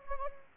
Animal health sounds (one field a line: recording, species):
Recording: mosquito wingbeat signal from an infrared sensor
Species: Anopheles gambiae